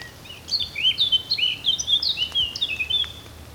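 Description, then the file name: Eurasian blackcap singing: a rapid, varied run of high chattering and warbled notes, flowing almost without a break for several seconds over a faint low hum. "Sylvia atricapilla"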